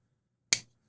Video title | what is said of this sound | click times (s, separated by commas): Unboxing a cool Yan Knives Chevron knife design by Matthew Christiansen… fuller hole fidget fun! | nice clickey one more time get nice and close | 0.5 s